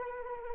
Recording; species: mosquito wingbeat signal from an infrared sensor; Anopheles arabiensis